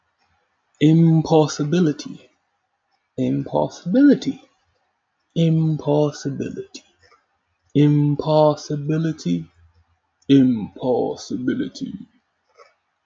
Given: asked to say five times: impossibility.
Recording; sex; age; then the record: repeated word; male; 20 to 29 years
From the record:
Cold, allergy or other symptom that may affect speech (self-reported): no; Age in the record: 25 years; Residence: Florida, United States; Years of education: 16